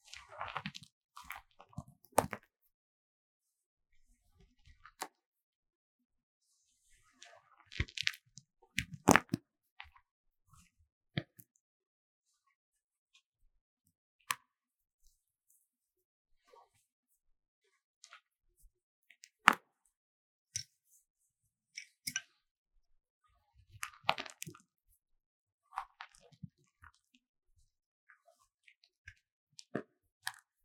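Scraping a magnesium powder block produces scattered bursts of short scratches and sharp clicks, separated by silent gaps, busiest near the start, middle and end.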